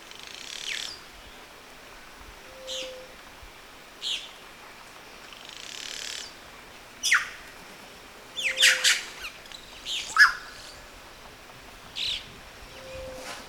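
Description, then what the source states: Red-rumped cacique giving harsh, raspy squawks at irregular intervals, some doubled, while a soft low whistle sounds three times in the background. Recorded on 19 September 2011.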